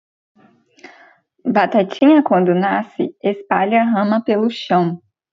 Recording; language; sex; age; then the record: short text; Brazilian Portuguese; female; 20 to 29 years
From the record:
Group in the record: control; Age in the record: 26 years